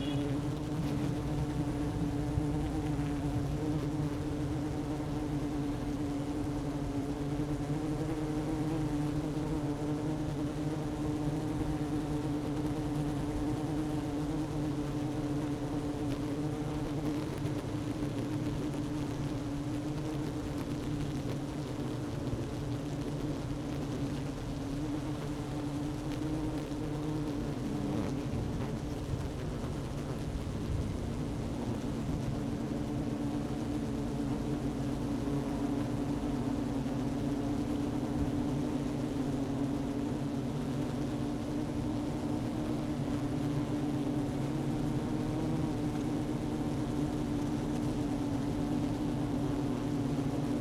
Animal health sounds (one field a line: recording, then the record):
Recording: honeybee colony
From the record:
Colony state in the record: active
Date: 12 June 2018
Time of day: 11:28